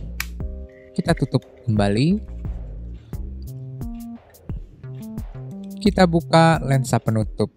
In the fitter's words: berhasil maka akan ada bunyi klik kita